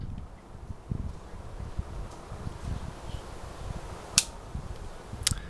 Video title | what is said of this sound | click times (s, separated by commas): Open Barrel Splice Demo | come down on it until it clicks. | 4.2 s, 5.3 s